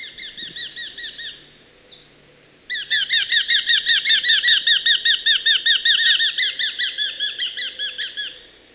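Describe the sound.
Eurasian hobby, strident repeated kew-kew-kew notes in a fast, even rhythm, a brief lull before a long insistent run that fades slightly at the end.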